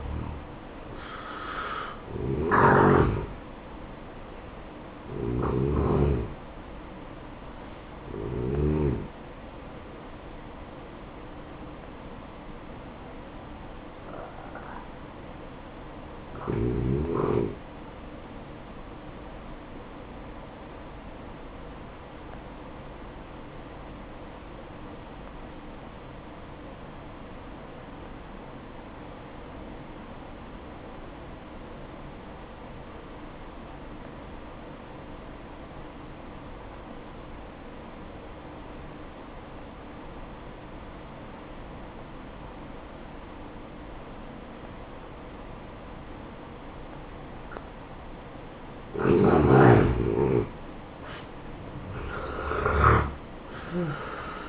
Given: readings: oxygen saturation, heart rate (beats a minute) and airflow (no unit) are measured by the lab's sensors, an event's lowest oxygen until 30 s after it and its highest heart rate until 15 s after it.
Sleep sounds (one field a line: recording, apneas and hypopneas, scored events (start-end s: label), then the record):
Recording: breathing in sleep by a voice recorder at the bedside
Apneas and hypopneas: 1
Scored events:
23.00-48.00 s: obstructive apnea (N1, oxygen 96% highest, then 84% lowest, heart rate 65 at the start, 78 highest)
From the record:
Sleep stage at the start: N1 (lightest sleep)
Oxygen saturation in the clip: 84 to 96%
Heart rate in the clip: 59 to 73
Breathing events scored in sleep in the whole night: 573 in 9.8 hours asleep